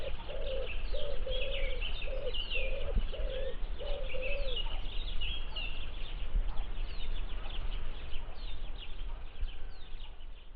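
Birds calling, with soft, low cooing notes in a quick series at first, and scattered high chirps and twitters throughout, over a constant deep rumble.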